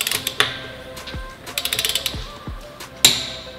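A ratcheting click-type torque wrench tightens the next wheel lug nut in a cross pattern, with a series of quick ratchet clicks leading up to the setting. A loud single break-over click at 3.1 s shows the wrench has reached its torque setting.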